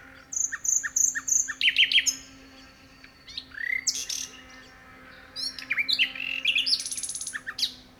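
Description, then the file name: Common nightingale song with varied phrases: clear whistles, sharp chirps and quick trills separated by short pauses, over a faint steady low hum. "Luscinia megarhynchos"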